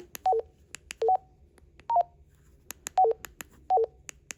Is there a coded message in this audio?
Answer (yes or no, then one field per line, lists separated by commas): no